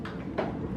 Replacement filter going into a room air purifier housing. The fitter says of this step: in yeah they click in and that's all there is to it and